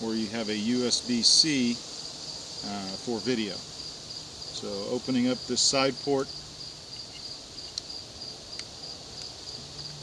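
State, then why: Seated. Someone talks, then opens the side port cover on a Bering Optics HOGSTER R thermal weapon sight mounted on an AR10 and plugs a USB-C video cable into the port. A sharp tick is heard at about 7.8 s as the cover opens, followed by a weaker small click at 8.6 s as the plug seats fully. A steady high insect-like hum runs underneath throughout.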